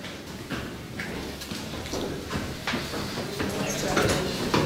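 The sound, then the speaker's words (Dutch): Irregular footsteps of people walking through the middle of a concrete parking garage toward its top land roughly every half second, each sharp impact ringing with a reverberant echo, while faint murmuring and steady background noise continue underneath. “Je hoort het ook echt aan het geluid dat het gelijk zo lekker galmt.”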